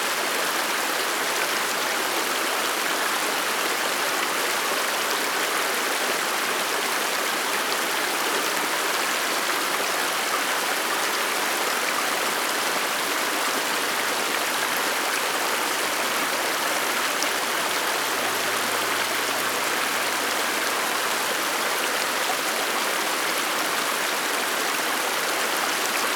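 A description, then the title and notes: A fast stream rushes continuously, a dense, unbroken hiss of water that stays steady and loud for the whole stretch. The sound is bright, with splashing texture throughout and almost nothing in the low end. No other sounds stand out. Fast Rushing Stream.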